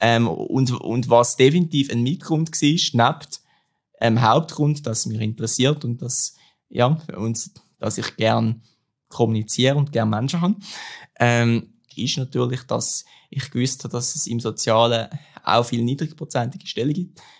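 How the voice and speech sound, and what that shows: An adult man speaks German at a low pitch. A repeated opening word, drawn-out fillers, stretched sounds and frequent silent pauses in mid-phrase break the flow. These are mild stuttering disfluencies: repetitions, prolongations and blocks interrupting otherwise clear speech.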